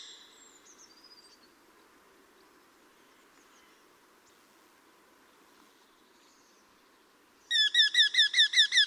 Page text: Patrik berg - Чеглок (Falco subbuteo)